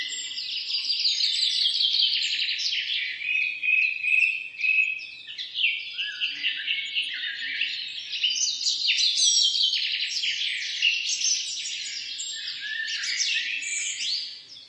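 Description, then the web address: Birds chirping in a dense, overlapping chorus, high twittering notes pouring out continuously for the whole stretch, with brief dips and swells in loudness. "sounds animals birds"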